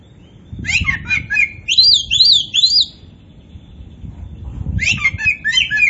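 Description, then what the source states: Oriental magpie-robin song with scratchy chattering notes and bright swooping whistles, two bursts separated by a short pause, with some low background noise. Local Indonesian variety name kacer poci; described as gacor, singing vigorously.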